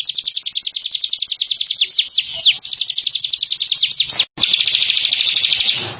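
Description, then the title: Bar-winged prinia song, a rapid, unbroken series of high, thin downslurred notes that run on steadily, then shift into a denser buzzy trill after a brief cut near the end. "Ciblek Sawah"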